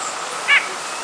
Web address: nuthatch wbnu